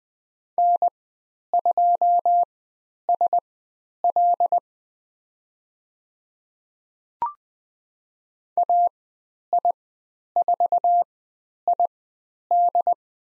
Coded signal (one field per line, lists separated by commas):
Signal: Morse code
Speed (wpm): 20 wpm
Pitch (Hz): 700 Hz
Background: none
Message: N2SL AI4ID